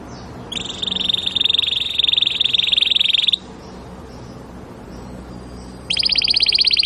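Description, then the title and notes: Domestic canary singing a high, fast rolling trill for about three seconds, a pause with quiet background hiss, then a higher rapid trill starts again. Belgian canary singing. "Canário Belga Campainha Canary Singing. Canario Belga Cantando"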